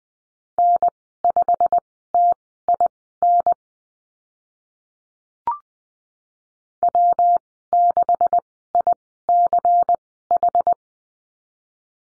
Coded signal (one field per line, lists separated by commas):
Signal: Morse code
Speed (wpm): 19 wpm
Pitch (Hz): 700 Hz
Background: none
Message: N5TIN W6ICH